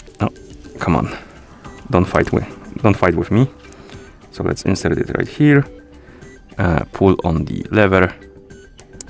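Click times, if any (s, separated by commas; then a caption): 9.0 s. A quick-release strap spring pin is fitted into the lug of a Garmin Approach S50 watch case while someone talks: the lever on the new strap is pulled to retract the pin, which is lined up with the lug hole and released. A single sharp, loud click is heard at 9.0 s as the pin snaps in and seats in the lug.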